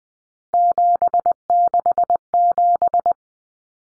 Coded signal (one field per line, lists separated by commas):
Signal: Morse code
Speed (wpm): 19 wpm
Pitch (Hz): 700 Hz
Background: none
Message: 767